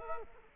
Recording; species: mosquito wingbeat signal from an infrared sensor; Culex quinquefasciatus